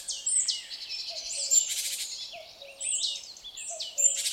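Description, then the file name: Great tit calls: rasping, buzzy high notes with quick sliding whistles in uneven phrases, with a faint low tone beneath. "Parus major"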